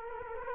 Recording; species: mosquito wingbeat signal from an infrared sensor; Culex quinquefasciatus